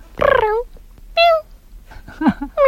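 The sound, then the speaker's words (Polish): A person imitates a cat with several loud, nasal meows, each a drawn-out tone that slides downward in pitch, separated by short pauses and a softer chirp. “A kot?”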